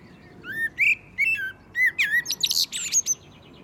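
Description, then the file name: Common blackbird singing several mellow whistled notes, rising and falling, then closing with a high, scratchy twittering burst. "Turdus merula"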